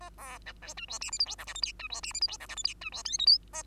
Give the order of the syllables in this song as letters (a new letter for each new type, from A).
A B C D E F G H I J K L M N E F G H I J K L M N E F O P Q A